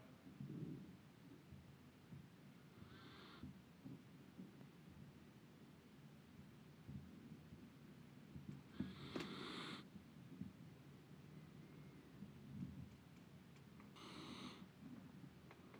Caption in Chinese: 狗打呼的声音。